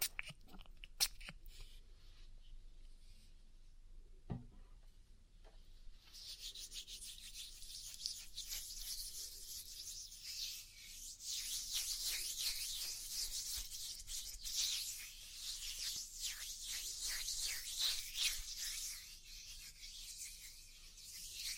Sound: Oil Ear Massage